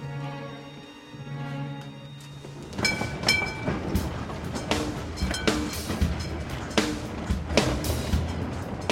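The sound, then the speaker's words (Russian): A tram rumbles along its rails, starting with a steady low hum and then breaking into a rattling run of rhythmic clanks and metallic clicks over a continuous rolling drone. The characters Chekan and Ryboglazy are riding in the tram in the film Ledokol. “Чекан и Рыбоглазый едут в трамвае.”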